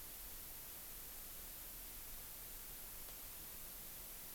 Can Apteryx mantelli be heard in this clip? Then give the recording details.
no. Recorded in New Zealand on 16 June 2014. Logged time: 03:08